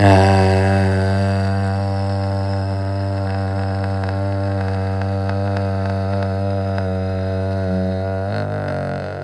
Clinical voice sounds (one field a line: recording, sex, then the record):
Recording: sustained vowel /a/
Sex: male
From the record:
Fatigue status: no fatigue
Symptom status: asymptomatic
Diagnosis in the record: COVID-19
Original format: m4a